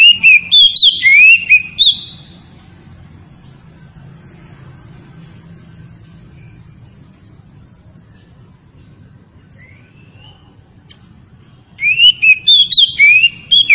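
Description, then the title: Oriental magpie-robin song: a burst of quick, varied whistles, a long quiet stretch with one faint rising note, then another burst of whistling. Tretes variety of oriental magpie-robin, described as in full, active song (gacor). "Kacer Tretes"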